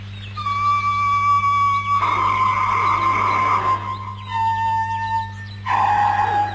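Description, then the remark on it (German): A series of sustained whistle tones at a steady, fairly high pitch, each held a second or more with short gaps between, one of them breathier and rougher, over a low constant hum. “Es hört sich genau wie dein Pfeifton an.”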